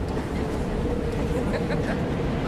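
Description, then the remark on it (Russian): A steady, loud rumble of a subway train in motion, with dense low-frequency roar and faint metallic rattling running continuously throughout. “Послушай, я в метро. Связь может прерваться.”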